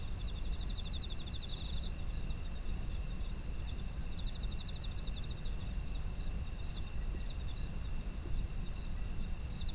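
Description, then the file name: Insect chorus: rapid pulsed trills in a few separate bursts, constant shrill tones underneath, low steady rumble throughout. Autumn insects, ambient environmental sound. "秋の虫の環境音"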